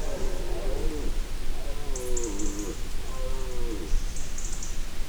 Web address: allathangok termeszetben gimszarvas 2016 madarak legaramlas bogobikak